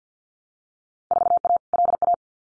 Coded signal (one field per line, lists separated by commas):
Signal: Morse code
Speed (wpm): 50 wpm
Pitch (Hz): 700 Hz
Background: none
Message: 4A LA